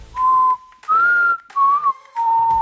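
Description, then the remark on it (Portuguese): A person whistles a four-note tune imitating the mockingjay's call heard after the credits of the film Catching Fire, each note held steady and clear at a similar mid-high pitch with short gaps between them, loud and alone. “Que no o Em Chamas, né, ele termina o filme e aí tem os créditos e tem um tordo no final, brilhando assim, dourado. Com esse assobio.”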